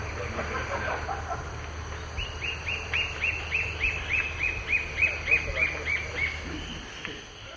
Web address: Natures Songs S America Eastern Lowlands. Myrmotherula axillaris, song